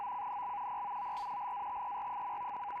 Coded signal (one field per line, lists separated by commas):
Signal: NAVTEX (SITOR-B)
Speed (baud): 100 baud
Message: OCNL POOR LATER.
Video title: Scanning the airwaves with the SDR